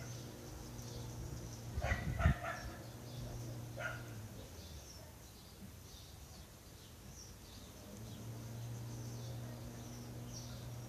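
City sounds heard from a garden: a low, steady hum runs under most of the clip, dropping away between about four and eight seconds. Near two and four seconds a dog gives a few short barks, with faint chirps scattered above throughout.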